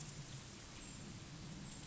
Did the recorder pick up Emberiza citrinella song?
no